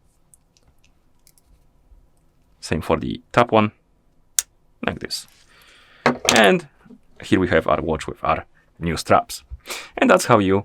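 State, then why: Seated. The top strap is angled into the lug of a Garmin Fenix 8 watch case and pushed until its quick-release latch clicks in, giving a single sharp click at 4.4 s. Someone talks before and after it. The strap is seated and held in place.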